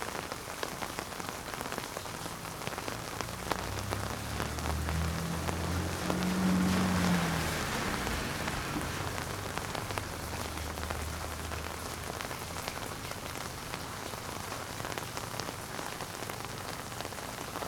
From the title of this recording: Spring Storm Under The Umbrella